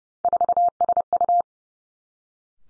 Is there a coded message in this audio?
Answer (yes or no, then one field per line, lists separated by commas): yes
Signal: Morse code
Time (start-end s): 0.2-1.4 s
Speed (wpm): 30 wpm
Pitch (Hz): 700 Hz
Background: none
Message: 4SU